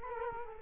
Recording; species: mosquito wingbeat signal from an infrared sensor; Culex quinquefasciatus